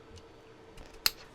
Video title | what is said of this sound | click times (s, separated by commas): I Compared Every Starlink Mini Battery So You Don't Have To | circle, lock it into place. There we go. | 1.1 s